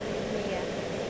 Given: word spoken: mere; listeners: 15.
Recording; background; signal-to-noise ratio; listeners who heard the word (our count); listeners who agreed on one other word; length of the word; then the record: one English word in noise, from a listening test; speech-shaped noise; -4.2 dB; 2 of 15; 7 of 15; 0.70 s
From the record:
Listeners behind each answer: 7, 2, 2, 2, 1, 1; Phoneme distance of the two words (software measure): 10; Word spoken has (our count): 1 syllable, 2 phonemes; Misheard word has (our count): 1 syllable, 2 phonemes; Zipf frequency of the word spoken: 3.82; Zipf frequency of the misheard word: 5.08